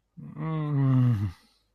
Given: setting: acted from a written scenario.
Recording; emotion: vocal sound without words; desire